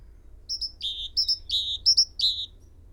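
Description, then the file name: Great tit song, three quick phrases, each a pair of sharp high notes followed by a lower buzzy tone. "Parus major"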